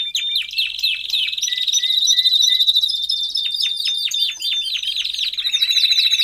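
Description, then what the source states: Domestic canary singing a rolling buzzy trill with a few short lower whistles, followed by quick repeated down-slurred notes and bright high phrases. Male Belgian canary singing a lot, for training and warming up young canaries.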